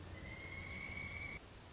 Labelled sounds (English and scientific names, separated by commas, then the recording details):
Pileated Woodpecker (Dryocopus pileatus)
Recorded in Sonoma County, California